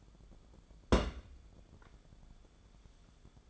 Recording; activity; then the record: daily activity, microphone in the room; place on stove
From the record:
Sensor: 5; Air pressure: 1010.4 hPa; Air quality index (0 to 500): 111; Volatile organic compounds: 2 ppm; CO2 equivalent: 1094 ppm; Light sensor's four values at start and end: 545/1385/575/659 and 545/1387/575/658